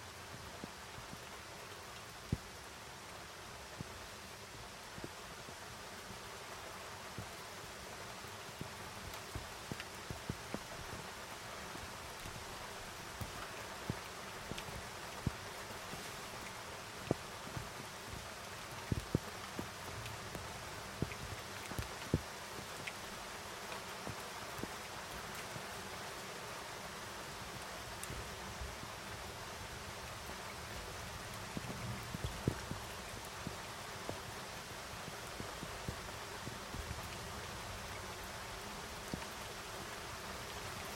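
Rain falls steadily during a mountain storm, recorded from a window, a dense hiss with constant sharp drop taps. Low rumbles swell up around the middle and again past the thirty-second mark, while the downpour stays even throughout.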